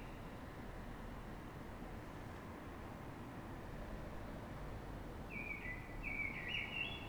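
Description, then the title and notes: Common blackbird song starting late, a few warbled notes over a continuous low rumble of background noise. City blackbird singing before dawn in Fuenlabrada, Madrid, Spain, so other blackbirds can hear it before human noise begins; described as a call sound; recorded with a Zoom H1n recorder. "Pl. de Francisco Escolar, 10, 28944 Fuenlabrada, Madrid, España - Sonido Reclamo de Mirlo. Mirlo cantando, es un sonido de reclamo. Normalmente los Mirlos de las ciudades cantan antes del amanecer"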